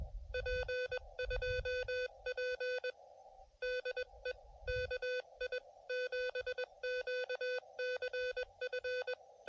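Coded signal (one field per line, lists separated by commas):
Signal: Morse code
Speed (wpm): 20 wpm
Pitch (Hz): 530 Hz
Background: none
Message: P2P DE KI7QCF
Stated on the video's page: QRP CW park activation using an Elecraft KH1.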